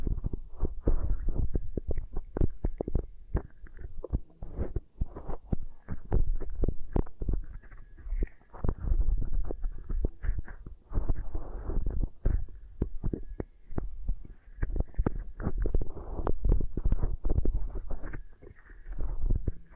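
Beeswax is pressed and rubbed against a microphone's ears in a continuous stream of muffled, deep thumps and sticky squishing. The sounds come densely and irregularly, several per second, staying low and dull with little brightness, swelling and easing in short waves throughout.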